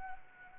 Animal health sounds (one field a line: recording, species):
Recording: mosquito wingbeat signal from an infrared sensor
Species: Anopheles arabiensis